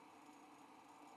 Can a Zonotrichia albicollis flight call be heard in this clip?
no